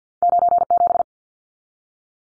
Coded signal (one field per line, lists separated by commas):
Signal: Morse code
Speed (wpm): 50 wpm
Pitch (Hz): 700 Hz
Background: none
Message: 97